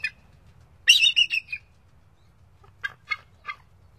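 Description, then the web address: Bald eagle calling: a high, squeaky, chattering burst of several notes, then after a pause three short squeaky notes. "Songs of Birds of North America Stokes. Bald Eagle"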